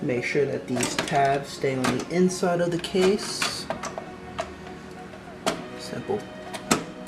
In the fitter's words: push locks into place and then